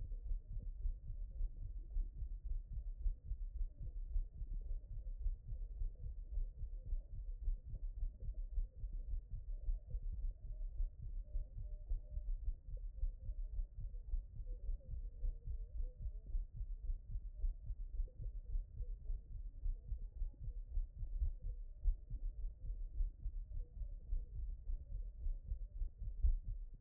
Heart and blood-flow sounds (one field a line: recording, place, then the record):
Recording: heart sounds by stethoscope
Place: mitral valve (MV)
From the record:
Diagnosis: HFrEF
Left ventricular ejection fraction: 17%